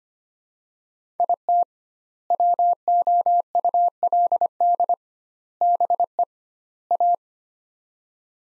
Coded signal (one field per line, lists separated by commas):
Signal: Morse code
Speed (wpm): 25 wpm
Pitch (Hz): 700 Hz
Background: none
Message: IT WOULD BE A